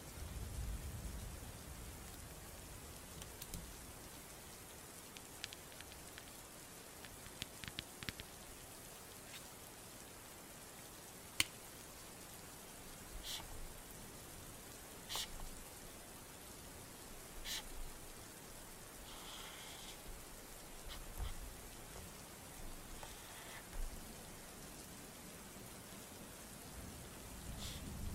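Rain falls steadily, a dense even hiss across the whole clip. Sharp drips and taps land on a surface at irregular moments, with a clear crack near eleven seconds and clusters of taps around seven to eight seconds. A low rumble swells at the start and end.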